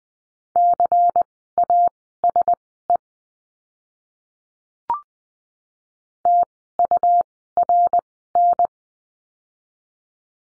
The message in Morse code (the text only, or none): CASE TURN